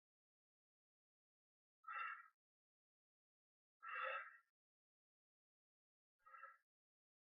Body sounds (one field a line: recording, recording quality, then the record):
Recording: shallow breathing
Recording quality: excellent, no background noise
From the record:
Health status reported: exposed to COVID-19, no respiratory illness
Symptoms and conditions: cough, fever, fatigue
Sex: male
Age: 35 years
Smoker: no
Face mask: not worn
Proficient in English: yes